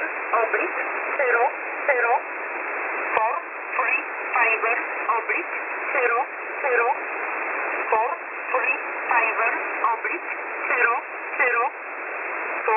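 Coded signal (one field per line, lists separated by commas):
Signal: numbers station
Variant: E11 (Oblique)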